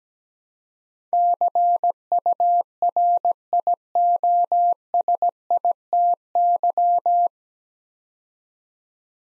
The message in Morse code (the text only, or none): CURIOSITY